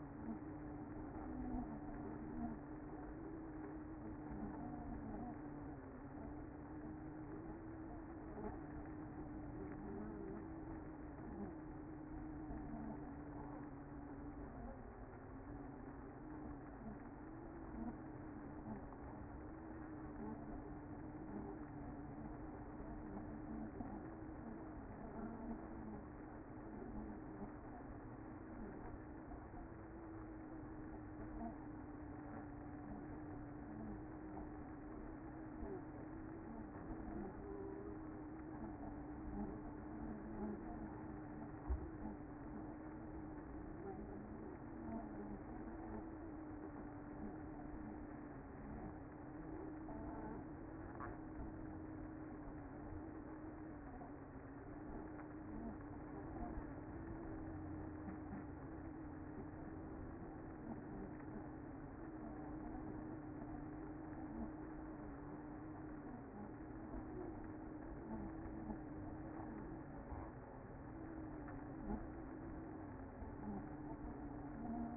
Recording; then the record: honeybee colony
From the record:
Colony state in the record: active